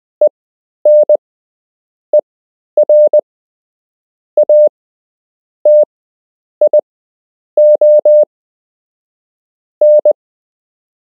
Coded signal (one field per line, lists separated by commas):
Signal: Morse code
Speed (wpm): 20 wpm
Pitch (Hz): 600 Hz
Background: none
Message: ENERATION